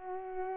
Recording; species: mosquito wingbeat signal from an infrared sensor; Culex pipiens